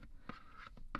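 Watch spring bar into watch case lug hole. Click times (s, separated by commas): 1.0 s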